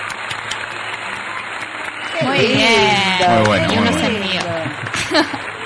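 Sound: applause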